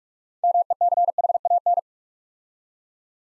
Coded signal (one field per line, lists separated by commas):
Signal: Morse code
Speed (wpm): 44 wpm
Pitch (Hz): 700 Hz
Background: none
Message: MECHAN